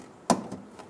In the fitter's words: push until you hear a click if you don't hear a click give it a pull make sure the connector's locked on